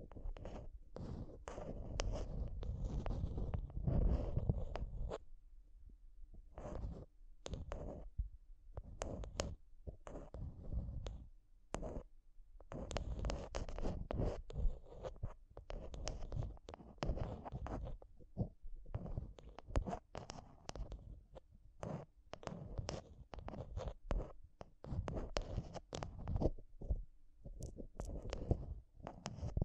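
Rapid tapping and scratching right on a microphone, in dense, irregular bursts with sharp clicks and rough scraping that carry a heavy low thump. The activity rarely pauses, with brief quieter gaps around six and twelve seconds, and a faint steady hum underneath.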